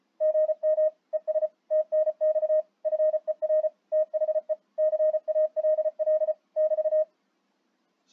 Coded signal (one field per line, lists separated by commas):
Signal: Morse code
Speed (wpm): 34 wpm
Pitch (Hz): 620 Hz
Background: radio noise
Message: GM ES TNX FER THE CALL <BT>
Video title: Speech To Morse Code